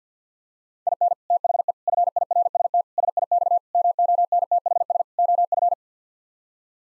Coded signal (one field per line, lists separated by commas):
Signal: Morse code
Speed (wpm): 50 wpm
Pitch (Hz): 700 Hz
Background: none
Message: IN THE FIRST SIX MONTHS OF